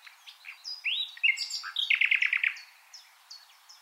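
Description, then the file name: Common nightingale song: a rising whistled slur, then a loud burst of about six rapid repeated notes, with soft high chirps from other birds behind. "Luscinia megarhynchos"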